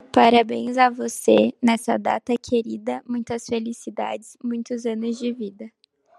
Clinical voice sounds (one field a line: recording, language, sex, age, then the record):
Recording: short text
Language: Brazilian Portuguese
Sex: female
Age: 18 to 19 years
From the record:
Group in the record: control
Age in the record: 18 years